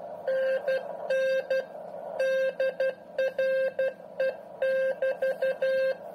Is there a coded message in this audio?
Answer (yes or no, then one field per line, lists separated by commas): yes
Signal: Morse code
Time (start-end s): 0.3-5.9 s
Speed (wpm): 12 wpm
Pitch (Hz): 530 Hz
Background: none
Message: NNDRE<BT>